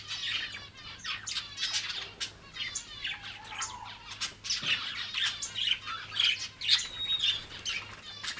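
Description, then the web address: Exotic birds squawking and chirping in quick, uneven bursts, with one brief lower croak partway through and thin high squeals near the end. "Blue Box birds birds exotic"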